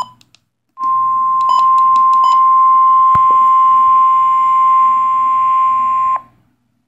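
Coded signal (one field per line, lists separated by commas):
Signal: Emergency Alert System (SAME) tones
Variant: 1050 Hz attention tone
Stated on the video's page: NOAA Weather Radio required weekly test from an Alabama station.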